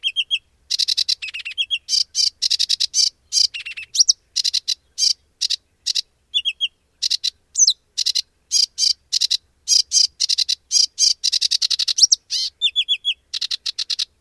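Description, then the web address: Sedge warbler singing a long, fast, varied song of harsh churring notes, rattles and sweet whistled phrases, almost without a break. "agykontroll Madardalok Cd 3. Foltos nádiposzáta"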